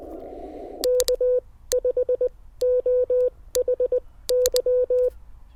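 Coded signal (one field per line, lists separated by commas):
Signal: Morse code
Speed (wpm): 20 wpm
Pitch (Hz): 1500 Hz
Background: none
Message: K5OHY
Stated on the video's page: Parks on the Air activation with a portable QRP station, Icom IC-705 on battery, antenna in a tree.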